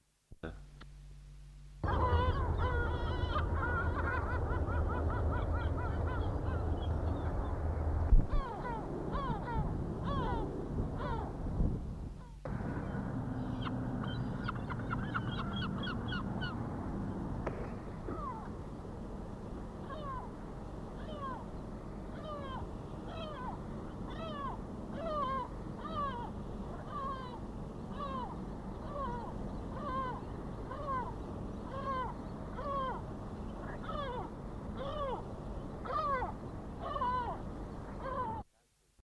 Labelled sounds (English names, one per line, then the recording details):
Armenian Gull call
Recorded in captivity
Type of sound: call
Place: IL
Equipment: Halbspur, 9,5 cm/s
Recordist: Lütgens, Hans
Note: Rufe